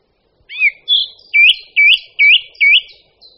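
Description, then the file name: Song thrush delivering a ringing, U-shaped whistled note, repeated four times at a steady pace after two brief introductory notes. "Drozd-zpěvný"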